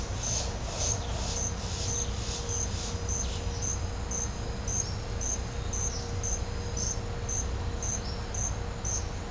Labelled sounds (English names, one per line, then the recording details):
none
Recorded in pastures near Puerto Asís, Putumayo, Colombia, on 20 December 2024 at 10:30
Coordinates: 0.502, -76.324
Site G077